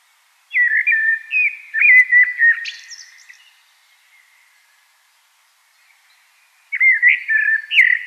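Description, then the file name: Common blackbird song: two mellow fluted warbling phrases, the first rising to a brief high twittery flourish, separated by about three seconds of silence. "Turdus merula"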